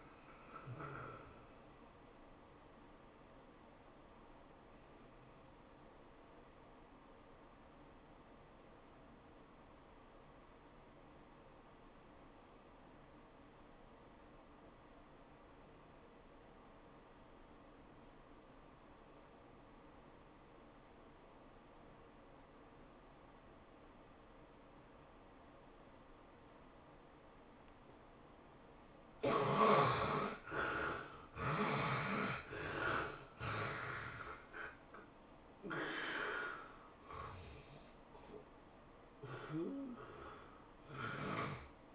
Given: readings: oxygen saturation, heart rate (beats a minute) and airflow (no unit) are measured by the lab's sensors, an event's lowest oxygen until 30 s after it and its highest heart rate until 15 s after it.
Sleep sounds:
a person awake in a sleep study, by a voice recorder at the bedside; 1
0.00-37.00 s: awake
4.00-30.20 s: obstructive apnea (scored as awake, oxygen 97% highest, then 70% lowest, heart rate 96 at the start, 108 highest)
32.00-41.95 s: new sleep stage, N1 (lightest sleep)
From the record:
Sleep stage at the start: awake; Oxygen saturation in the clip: 70 to 97%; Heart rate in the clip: 80 to 108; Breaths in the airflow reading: 4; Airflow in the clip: -14.0 to 12.1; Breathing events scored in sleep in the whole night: 403 in 5.5 hours asleep

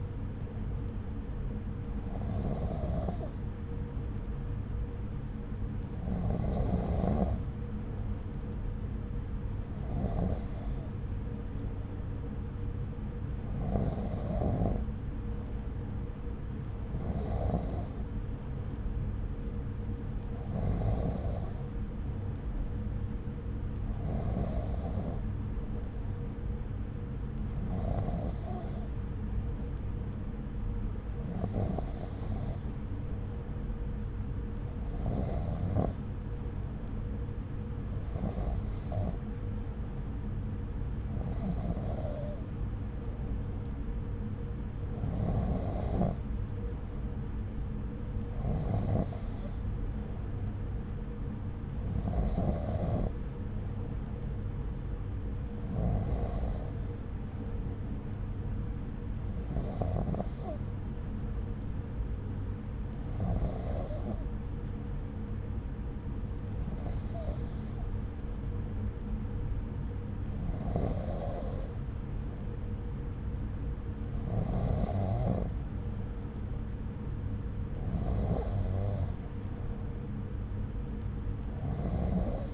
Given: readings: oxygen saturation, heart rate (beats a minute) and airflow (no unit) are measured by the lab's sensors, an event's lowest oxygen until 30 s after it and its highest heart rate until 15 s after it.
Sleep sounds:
breathing in sleep by a smartphone at the bedside; none
none scored
From the record:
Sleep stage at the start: N2 (light sleep); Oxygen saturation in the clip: 93 to 94%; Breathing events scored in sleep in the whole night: 303 in 8.1 hours asleep

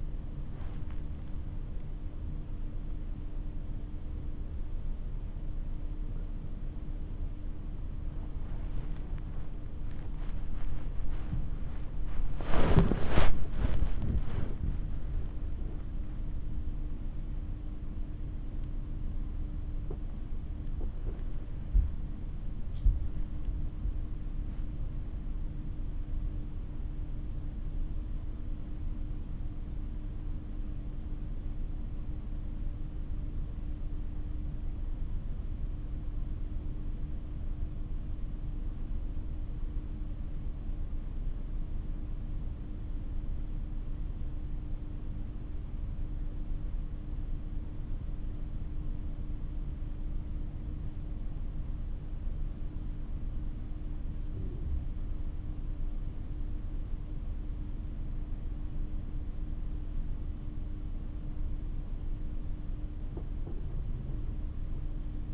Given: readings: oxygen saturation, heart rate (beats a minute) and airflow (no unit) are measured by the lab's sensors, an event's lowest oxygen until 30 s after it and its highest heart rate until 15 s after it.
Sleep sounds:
breathing in sleep by a smartphone at the bedside; 1
5.00-35.00 s: new sleep stage, awake
14.00-40.00 s: awake
24.00-55.80 s: hypopnea (scored as awake, oxygen 97% highest, then 95% lowest, heart rate 74 at the start, 79 highest)
35.00-65.34 s: new sleep stage, N1 (lightest sleep)
From the record:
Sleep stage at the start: N2 (light sleep); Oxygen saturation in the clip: 92 to 97%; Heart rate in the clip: 51 to 79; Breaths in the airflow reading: 13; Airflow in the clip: -7.8 to 10.8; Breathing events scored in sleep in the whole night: 304 in 5.6 hours asleep

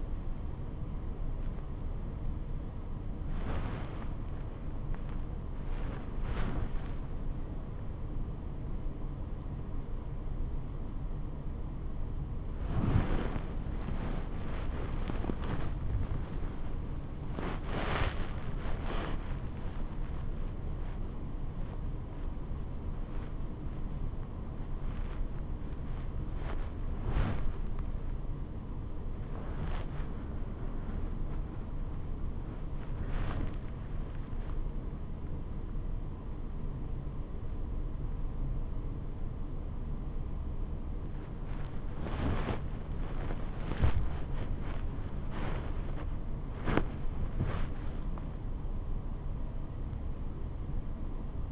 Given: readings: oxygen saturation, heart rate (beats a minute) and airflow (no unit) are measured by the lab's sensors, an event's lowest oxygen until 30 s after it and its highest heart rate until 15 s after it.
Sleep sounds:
a person awake in a sleep study, by a smartphone at the bedside; none
0.00-51.51 s: awake
From the record:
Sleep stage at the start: awake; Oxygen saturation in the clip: 94 to 96%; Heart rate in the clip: 76 to 88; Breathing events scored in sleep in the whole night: 426 in 7.4 hours asleep

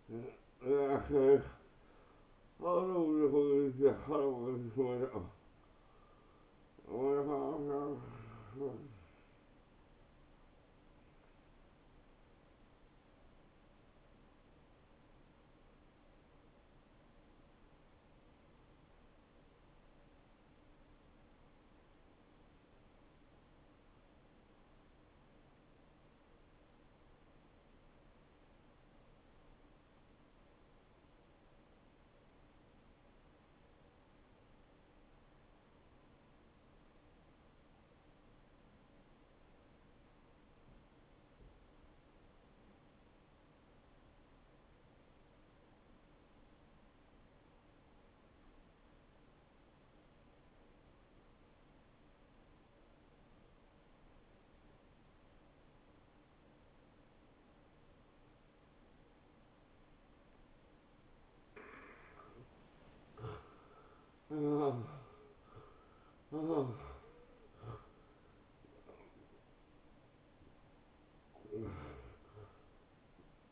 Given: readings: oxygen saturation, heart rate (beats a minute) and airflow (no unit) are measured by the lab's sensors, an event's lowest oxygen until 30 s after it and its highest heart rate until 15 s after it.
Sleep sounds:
breathing in sleep by a voice recorder at the bedside; 1
14.00-62.90 s: hypopnea (N2, oxygen 95% highest, then 85% lowest, heart rate 74 at the start, 83 highest)
From the record:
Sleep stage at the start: N2 (light sleep); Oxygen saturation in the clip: 83 to 95%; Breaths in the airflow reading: 9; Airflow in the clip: -15.0 to 8.2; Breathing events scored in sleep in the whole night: 263 in 5.5 hours asleep

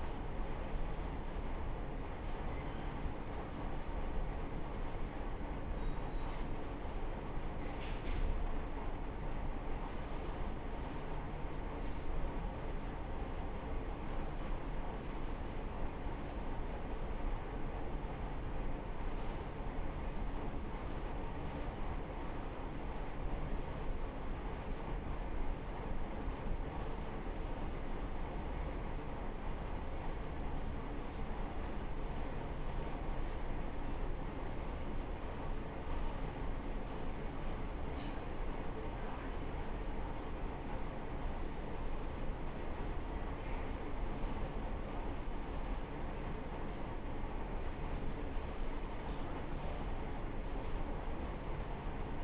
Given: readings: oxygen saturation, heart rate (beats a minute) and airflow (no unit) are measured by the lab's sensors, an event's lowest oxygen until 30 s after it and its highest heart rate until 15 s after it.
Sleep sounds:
a person awake in a sleep study, by a smartphone at the bedside; none
0.00-52.24 s: awake
0.00-52.24 s: awake
From the record:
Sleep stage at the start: awake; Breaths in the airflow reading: 16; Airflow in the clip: -0.6 to 0.6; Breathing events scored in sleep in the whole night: 328 in 6.3 hours asleep

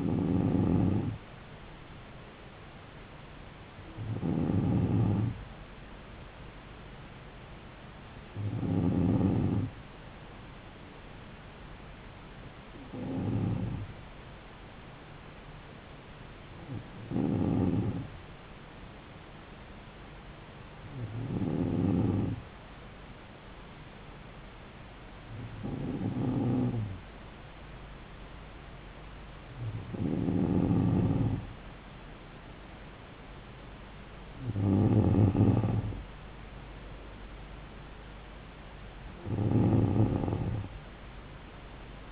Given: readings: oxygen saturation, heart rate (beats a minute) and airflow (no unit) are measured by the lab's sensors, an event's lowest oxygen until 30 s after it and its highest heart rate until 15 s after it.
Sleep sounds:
breathing in sleep by a voice recorder at the bedside; none
none scored
From the record:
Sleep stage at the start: N2 (light sleep); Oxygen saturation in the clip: 93 to 94%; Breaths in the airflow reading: 10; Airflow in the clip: -4.1 to 4.6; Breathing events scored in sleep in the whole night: 270 in 6.1 hours asleep

